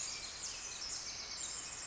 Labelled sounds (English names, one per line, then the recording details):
Bewick's Wren
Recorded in Sonoma County, California